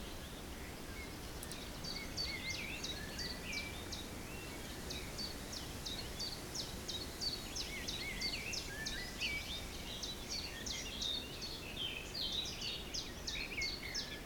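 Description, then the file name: Birds repeat short, sharp high chips and thin whistles at a quick, uneven pace over a steady low rumble of wind. Forest in spring; windy, force 3 Beaufort; recorded at 1 pm. "Forest Spring Birds Windy 3 bft 1 pm"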